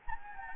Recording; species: mosquito wingbeat signal from an infrared sensor; Anopheles gambiae